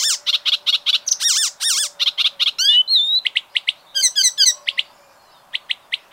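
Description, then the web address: Bird song of rapidly repeated notes, then a dry trill and twittering, ending in sparse short chips after a brief pause. "ornitologiya slovar Ptichki"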